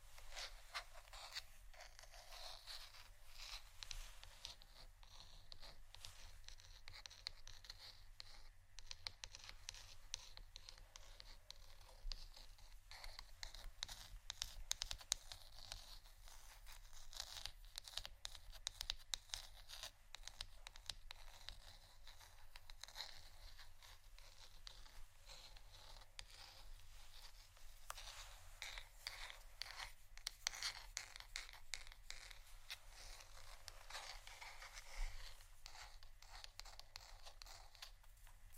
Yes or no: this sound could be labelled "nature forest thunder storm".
no